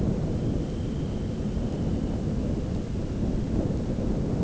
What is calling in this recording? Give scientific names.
Calidris alpina